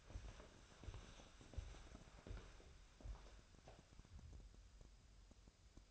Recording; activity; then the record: daily activity, microphone in the room; walk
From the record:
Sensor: 2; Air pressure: 1015.2 hPa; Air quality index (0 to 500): 114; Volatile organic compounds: 3 ppm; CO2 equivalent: 1456 ppm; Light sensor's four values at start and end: 13/36/14/16 and 13/36/14/16